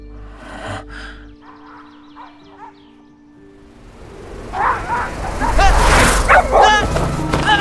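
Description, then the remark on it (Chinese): A mad dog barks and snarls ferociously as it attacks, starting with scattered whines and yelps before erupting into loud, rapid, harsh barks and growls that build through the second half. “操，是只疯狗！滚！滚啊！ 快走，别让他给咬了！”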